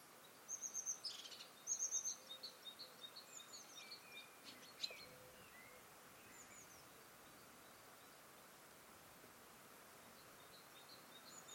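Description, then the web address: Bird song, a quick run of high thin notes in the first few seconds, then steady quiet background hiss for the rest. "Bird Only"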